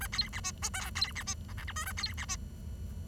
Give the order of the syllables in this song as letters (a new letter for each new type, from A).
A B C D E F B C D G H I J A B C D